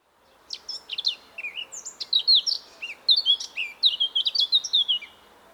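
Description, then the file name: Eurasian blackcap song: a rich, hurried warble of varied chirps and slurred whistles that gets louder and fuller toward the end, running almost without pause. "Sylvia atricapilla"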